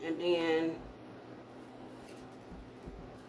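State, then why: Not seated. A plastic attachment is being handled onto a vacuum cleaner body after the release button is pressed and the piece is lined up on its guides. Someone talks briefly at the start, then only faint, low handling noise continues. Nothing has seated or clicked yet.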